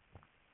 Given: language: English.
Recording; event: throat vibration sensor signal played as sound; swallow